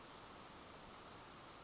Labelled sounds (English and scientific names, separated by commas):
Brown Creeper (Certhia americana)